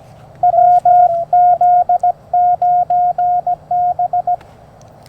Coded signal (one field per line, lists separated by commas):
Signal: Morse code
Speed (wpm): 17 wpm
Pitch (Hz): 710 Hz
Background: radio noise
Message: WZ9B